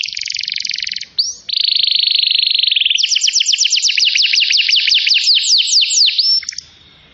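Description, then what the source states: Atlantic canary song in varied tours: a dense buzzy trill, a smooth rapid roll, then repeated swept whistles delivered quickly. Canary song recording used as a lure to attract birds.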